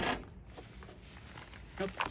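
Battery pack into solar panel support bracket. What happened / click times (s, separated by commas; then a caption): The battery clipped into its mount / 0.8 s. A battery pack for a Sunology Play Max solar panel is tilted into its support bracket and pushed until it clips in at 0.8 s, and is confirmed firmly fixed. Someone talks over a soft rustling handling noise.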